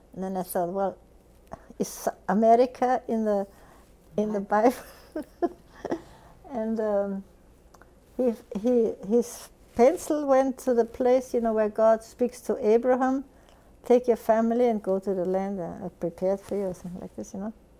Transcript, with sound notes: And then I thought, well, is America in the Bible? ( she laughs ) And, uh, his pencil went to the place, you know, where God speaks to Abraham, "Take your family and go to the land I have prepared for you," or something like this, you know?